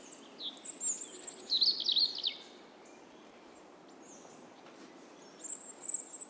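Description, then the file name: European robin song: thin, high warbling phrases with quick slurred notes and a trill, a pause, then another high sweeping phrase near the end over faint background hiss. "Erithacus rubecula"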